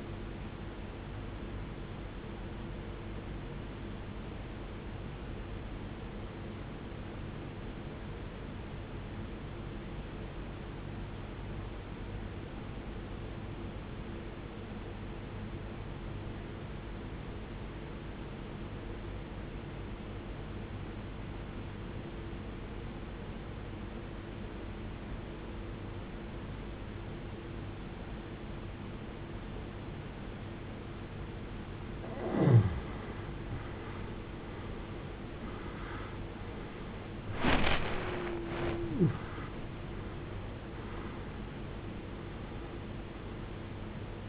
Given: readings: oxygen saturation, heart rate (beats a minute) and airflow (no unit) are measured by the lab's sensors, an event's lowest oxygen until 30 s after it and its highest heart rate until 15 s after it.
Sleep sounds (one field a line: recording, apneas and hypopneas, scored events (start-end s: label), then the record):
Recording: breathing in sleep by a voice recorder at the bedside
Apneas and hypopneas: 1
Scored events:
4.00-31.10 s: obstructive apnea (N1, oxygen 94% highest, then 81% lowest, heart rate 53 at the start, 81 highest)
5.00-35.00 s: new sleep stage, N2 (light sleep)
35.00-44.29 s: new sleep stage, N1 (lightest sleep)
From the record:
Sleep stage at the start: N1 (lightest sleep)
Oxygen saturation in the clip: 80 to 94%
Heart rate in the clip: 52 to 81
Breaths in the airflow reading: 5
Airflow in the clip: -17.7 to 17.3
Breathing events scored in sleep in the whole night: 389 in 6.3 hours asleep